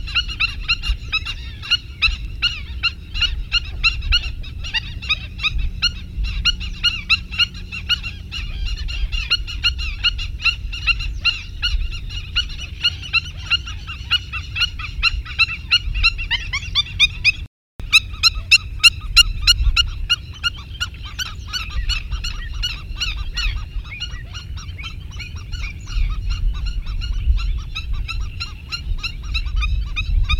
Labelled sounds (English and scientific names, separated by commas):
Black-winged Stilt (Himantopus himantopus) call